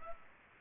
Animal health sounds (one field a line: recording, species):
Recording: mosquito wingbeat signal from an infrared sensor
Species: Culex pipiens